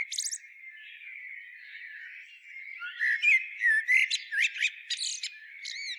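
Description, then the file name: Common blackbird, a brief high squeak, then soft warbling, then louder fluted notes and sharp high twitters in the second half. "Turdus merula"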